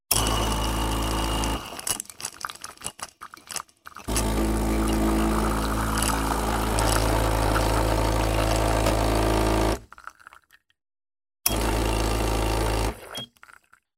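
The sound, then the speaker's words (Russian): A coffee vending machine in a corridor corner, after coins are inserted and a button pressed, rumbles loudly with a steady low mechanical hum and a sputtering, uneven stretch early on while dispensing a cup. It cuts out briefly, then whirs again before stopping. No one speaks. “Автомат недовольно заурчал и выдал мне стаканчик с какой-то мутной, едва теплой жижей, отдаленно напоминающей кофе.”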